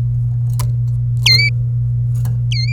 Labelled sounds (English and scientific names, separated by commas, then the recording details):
Domestic Canary (Serinus canaria) song
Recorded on 27 April 2018 at 08:01
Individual llb3